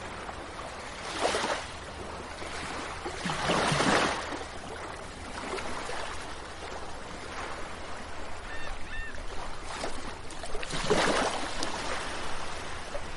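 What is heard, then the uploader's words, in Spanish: Sea at the shoreline, with a steady low wash under everything. Waves break in rushing surges around 1, 3.5 to 4, and 11 seconds, each swelling and fading over a second or two. A few faint bird chirps come through near 9 seconds. A la orilla del mar.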